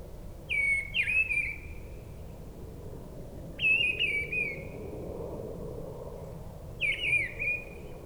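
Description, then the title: Mistle Thrush song: three short fluty, warbled phrases about three seconds apart, over a steady low rumble of engine noise. Brison-Saint-Innocent, France; forest edge, singing perched high in a treetop; frequent aircraft passing from nearby airport; Sunday; grey weather, 10°C. "Brison-Saint-Innocent, France - Grive draine"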